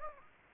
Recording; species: mosquito wingbeat signal from an infrared sensor; Anopheles gambiae